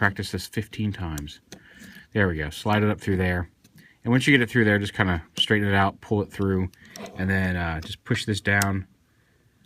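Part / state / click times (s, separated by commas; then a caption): plastic figure part onto the figure's head joint / not seated / none. Someone talks while threading a plastic piece of a Mastermind Creations R07 Felisaber transformable figure up through the figure, straightening it out and pulling it through before starting to push it down onto the figure's head joint. Only speech and light handling sounds are heard. The clip ends before the piece goes home, so nothing has seated or clicked yet.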